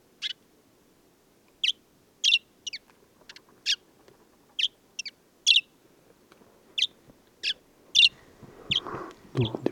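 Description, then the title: Desert sparrow uttering sharp single chirps spaced irregularly, followed near the end by rustling noise. Male perched atop an acacia, Oasis de Mayateg, Mauritania, 22 February 2019, no wind; song of twitters, trills and inventions recalling Common Linnet; parabolic dish, MixPre-3 recorder. "Le Moineau blanc du désert - Mauritanie"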